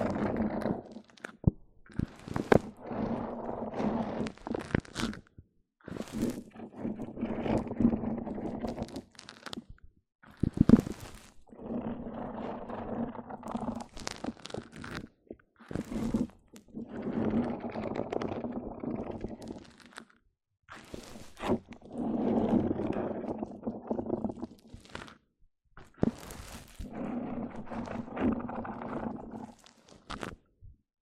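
Mic-on-mic trigger sounds: soft rubbing and scraping bursts of a few seconds each, separated by brief silences, with a low hum running through them. Sharp taps and crackly knocks punctuate the gaps, and the rubbing stays dull and muffled rather than bright.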